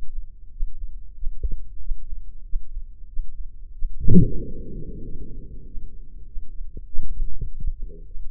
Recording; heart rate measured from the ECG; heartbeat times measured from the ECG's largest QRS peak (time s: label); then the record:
heart sounds by microphone in the left ear; 95 bpm
0.50 s: heartbeat
1.14 s: heartbeat
1.79 s: heartbeat
2.43 s: heartbeat
3.06 s: heartbeat
3.71 s: heartbeat
4.38 s: heartbeat
5.02 s: heartbeat
5.65 s: heartbeat
6.25 s: heartbeat
6.86 s: heartbeat
7.46 s: heartbeat
8.05 s: heartbeat
From the record:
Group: healthy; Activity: Valsalva maneuver 0-6 s, rest 6-8 s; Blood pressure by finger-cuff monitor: 129/73 mmHg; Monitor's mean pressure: 88 mmHg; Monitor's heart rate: 94 bpm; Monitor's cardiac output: 8.4 L/min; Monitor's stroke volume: 89 mL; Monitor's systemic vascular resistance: 760 dyn s/cm5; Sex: male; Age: 24 years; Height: 184 cm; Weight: 89 kg